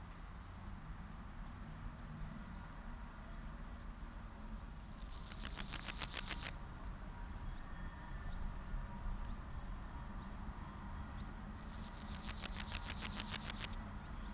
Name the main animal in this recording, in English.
Meadow Grasshopper